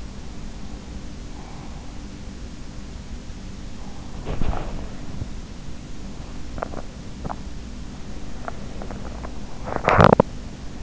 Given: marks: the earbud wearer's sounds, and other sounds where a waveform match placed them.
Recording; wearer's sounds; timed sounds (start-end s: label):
sounds in sleep by an in-ear microphone; breath, body movement, teeth grinding
0.17-2.18 s: breath
3.82-5.97 s: body movement
6.30-10.83 s: teeth grinding